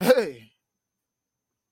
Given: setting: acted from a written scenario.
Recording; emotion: vocal sound without words; triumph